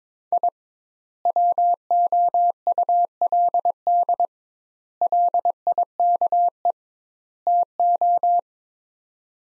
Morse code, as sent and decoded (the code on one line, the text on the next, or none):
.. / .-- --- ..- .-.. -.. / .-.. .. -.- . / - ---
I WOULD LIKE TO